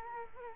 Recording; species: mosquito wingbeat signal from an infrared sensor; Culex quinquefasciatus